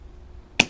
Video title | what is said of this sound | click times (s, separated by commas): GoPro HERO 3+ (Plus) Tutorial: How To Get Started | until it snaps into place now your camera is completely waterproof | 0.6 s